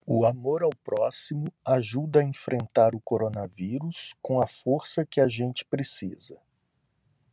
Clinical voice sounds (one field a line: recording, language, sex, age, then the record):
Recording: spoken sentence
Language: Brazilian Portuguese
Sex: male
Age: 50 to 59 years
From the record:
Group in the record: control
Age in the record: 55 years